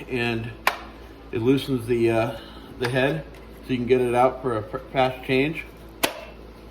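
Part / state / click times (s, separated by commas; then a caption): head tension lock lever on a cordless belt sander / seated / 6.0 s. Someone talks while the head tension lock lever on a Ryobi cordless ONE+ belt sander is flipped forward to loosen the front head for a fast belt change, then flipped back to lock the head. A single sharp snap at 6.0 s shows the head is locked in.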